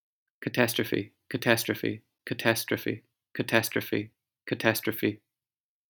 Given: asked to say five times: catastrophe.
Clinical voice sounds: repeated word; male; 30 to 39 years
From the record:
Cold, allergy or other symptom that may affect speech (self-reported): no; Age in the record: 38 years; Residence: Michigan, United States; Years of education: 18

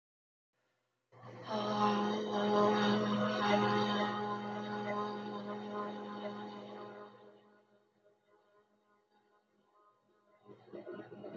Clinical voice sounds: vowel held as long as possible; female; 30 to 39 years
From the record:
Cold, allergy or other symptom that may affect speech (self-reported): yes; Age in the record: 38 years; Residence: California, United States

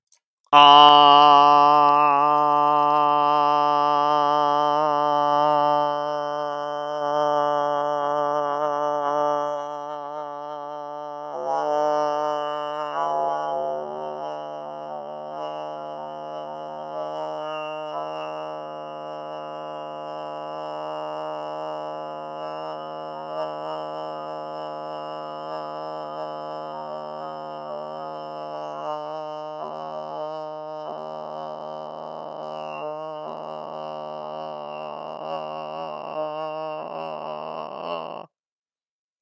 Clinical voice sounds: vowel held as long as possible; male; 30 to 39 years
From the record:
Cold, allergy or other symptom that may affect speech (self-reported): no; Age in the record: 31 years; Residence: Ohio, United States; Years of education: 16

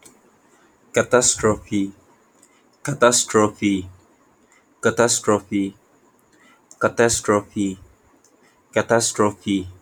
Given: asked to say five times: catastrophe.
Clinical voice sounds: repeated word; male; 20 to 29 years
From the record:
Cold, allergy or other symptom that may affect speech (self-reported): no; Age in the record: 25 years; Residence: California, United States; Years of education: 16

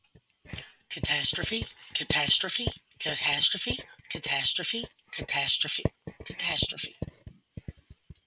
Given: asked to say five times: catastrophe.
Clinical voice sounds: repeated word; female; 50 to 59 years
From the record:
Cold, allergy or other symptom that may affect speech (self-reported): no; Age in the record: 50 years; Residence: Mississippi, United States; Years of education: 14

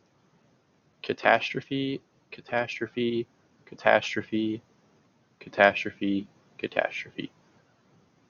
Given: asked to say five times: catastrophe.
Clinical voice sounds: repeated word; male; 20 to 29 years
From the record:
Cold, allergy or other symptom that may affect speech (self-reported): no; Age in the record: 21 years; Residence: North Carolina, United States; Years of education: 13

